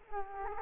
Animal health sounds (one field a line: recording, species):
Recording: mosquito wingbeat signal from an infrared sensor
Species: Culex quinquefasciatus